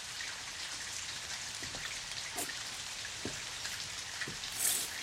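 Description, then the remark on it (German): Steady rain hisses evenly throughout, with scattered individual drops pattering and spattering on a surface. A brief, brighter splash rises near the end. No voices are heard. “Was stehst du denn da im Regen rum?”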